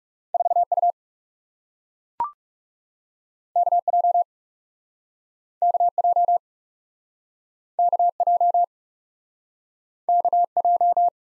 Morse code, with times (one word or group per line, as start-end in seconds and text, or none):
0.3-0.6 4
0.7-0.9 U
3.6-3.8 K
3.9-4.2 J
5.6-5.9 K
6.0-6.4 J
7.8-8.1 K
8.2-8.6 J
10.1-10.4 K
10.6-11.1 J